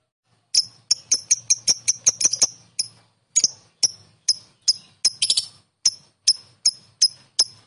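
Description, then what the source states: Lovebird chirps, sharp high clicks, first in a quick burst and then spaced about every half second, with one short cluster among them. Konslet song style.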